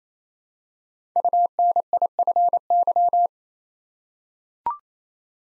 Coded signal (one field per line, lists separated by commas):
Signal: Morse code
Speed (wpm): 28 wpm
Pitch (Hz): 700 Hz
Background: none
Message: UNIFY